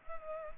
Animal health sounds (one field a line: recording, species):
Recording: mosquito wingbeat signal from an infrared sensor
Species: Culex pipiens